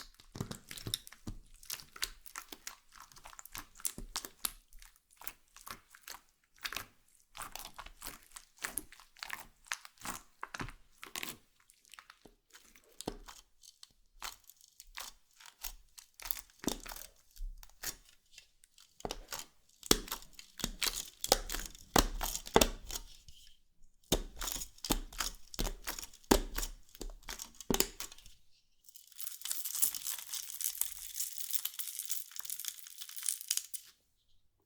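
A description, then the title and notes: Slime being squished and pulled in dense, irregular crackly bursts, then a steady bright hissing stretch after about 29 seconds. NO TALKING Satisfying Slime Triggers.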